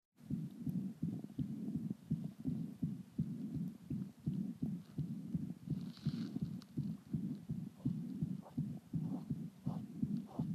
Heart Calf Systolic Murmur. Right.